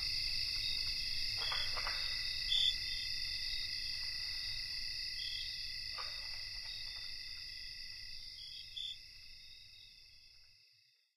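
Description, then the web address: Steady high cricket trilling with a couple of brief louder chirps, gradually fading away toward the end. Cricket chorus, North America. "Nature Songs N America Songs of Insects Cricket chorus"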